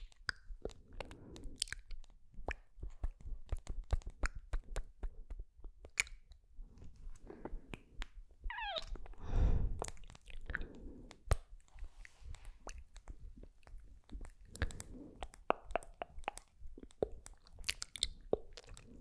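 Wet mouth sounds fill the clip: quick clicks, taps and smacking lip pops in dense irregular bursts, with soft whispered sibilant syllables between them. Around nine to ten seconds a louder sticky swirl stands out.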